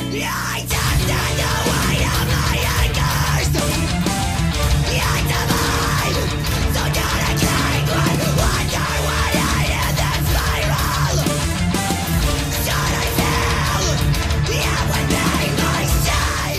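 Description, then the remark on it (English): A harsh, yelled vocal scream demonstrating a yell-style screaming technique rides over loud, dense heavy music with steady pounding drums, sustained at full intensity for about sixteen seconds. “because there is the alternative, which is the number 6 screaming technique. It's very similar to number 2, where it's more of a yell scream.”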